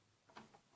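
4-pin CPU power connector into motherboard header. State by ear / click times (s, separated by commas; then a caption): not seated / none. A 4-pin CPU power connector from the power supply is handled and pressed toward its motherboard header next to the processor fan. Only faint, brief handling noises are heard, with a small bump around 0.4 s. The connector has not seated or clicked yet.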